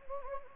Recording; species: mosquito wingbeat signal from an infrared sensor; Anopheles gambiae